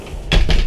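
A sliding bathroom door in the doorway of a 2014 Leisure Travel Unity 24MB RV is slid shut and latches closed, locking in place. After a quiet stretch of low rumble, a sharp knock at 0.3 s marks the latch catching, followed by a second, softer knock at about 0.5 s.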